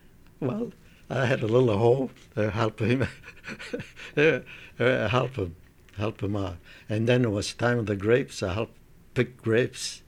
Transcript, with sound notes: Well, I had a little hoe and help him. (laughs) Help him, help him out, and then it was time the grapes, I helped pick grapes